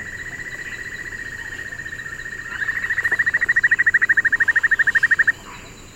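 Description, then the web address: White-necked puffbird song: a steady whistled note for about two and a half seconds, then a fast, even series of pulsed notes that stops abruptly. Eastern lowlands of South America. "Natures Songs S America Eastern Lowlands. White-necked Puffbird"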